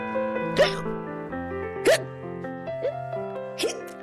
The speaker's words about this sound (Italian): C'è pure il singhiozzo oltre a essere intasato. Ho chiesto a Filippo Aureggi se poteva, questa mattina in regia, ho chiesto se poteva mettermi un singhiozzo.